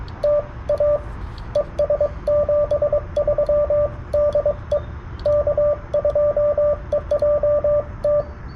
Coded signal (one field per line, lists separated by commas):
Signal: Morse code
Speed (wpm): 22 wpm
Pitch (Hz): 590 Hz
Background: radio noise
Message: TA ES 73 DE K2EJT